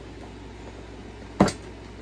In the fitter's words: Once it clicks, there you go.